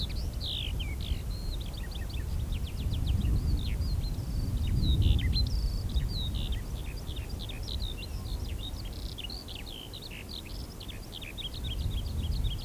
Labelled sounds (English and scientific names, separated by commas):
Eurasian Skylark (Alauda arvensis) song